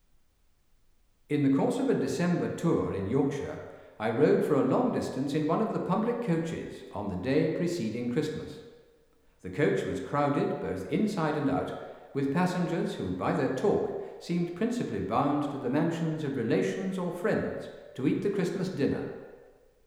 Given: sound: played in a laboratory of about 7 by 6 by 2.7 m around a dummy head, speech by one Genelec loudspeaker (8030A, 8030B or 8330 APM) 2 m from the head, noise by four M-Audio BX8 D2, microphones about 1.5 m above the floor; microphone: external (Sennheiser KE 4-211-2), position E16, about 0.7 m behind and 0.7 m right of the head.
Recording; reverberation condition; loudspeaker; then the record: male speech in English; high; 150 degrees to the right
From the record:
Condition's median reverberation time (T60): about 1300 ms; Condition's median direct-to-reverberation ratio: about -4.0 dB